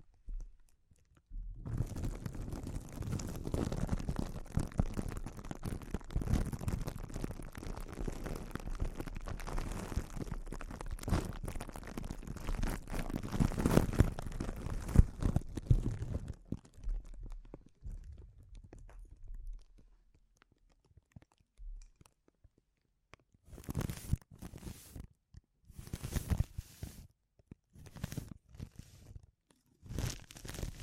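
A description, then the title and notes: Sensitive crinkling begins after a second or two and runs dense and crackly through about fifteen seconds before thinning out and stopping near twenty-two seconds. After a short quiet gap, several separate bursts of crinkling return in the last seven seconds. ASMR Sensitive Crinkles (No Talking).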